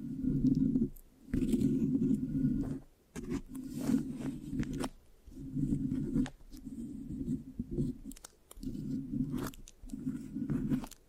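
Mic scratching with a sticky feel comes in rough, muffled bursts of about a second each, separated by short silent pauses, around eight in all. Sharp little crackles and tacky clicks pop through the low rubbing, especially near the ends of bursts.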